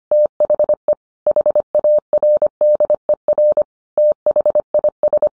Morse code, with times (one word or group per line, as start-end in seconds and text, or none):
0.1-0.9 THE
1.3-3.6 HARDER
4.0-5.3 THIS